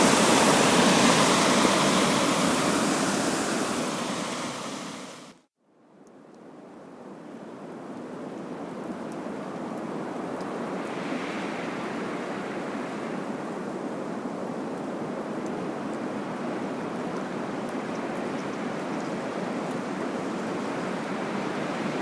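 Loud, dense rushing water and wind fill the first five seconds, cut to near silence, then return as a steadier, softer hiss.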